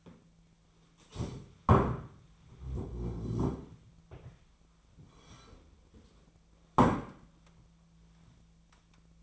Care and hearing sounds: daily activity, microphone in the room; stand up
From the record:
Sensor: 1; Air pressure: 1008.1 hPa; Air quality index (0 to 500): 191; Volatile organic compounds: 17 ppm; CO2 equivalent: 2586 ppm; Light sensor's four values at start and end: 13/34/13/15 and 13/32/13/14

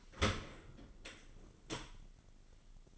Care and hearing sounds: daily activity, microphone in the room; open dishwasher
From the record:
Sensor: 4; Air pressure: 1003.9 hPa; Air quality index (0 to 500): 146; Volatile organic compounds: 2 ppm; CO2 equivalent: 1048 ppm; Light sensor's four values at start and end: 18/44/18/19 and 19/46/19/20

